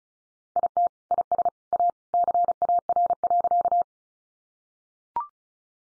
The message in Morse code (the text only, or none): IT IS A CAR.